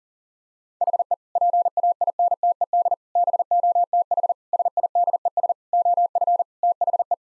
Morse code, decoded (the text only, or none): HE PAINTED BOTH SIDES OF THE